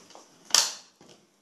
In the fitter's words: and that just snaps in place.